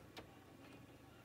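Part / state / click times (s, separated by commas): tech component into its housing or slot / not seated / none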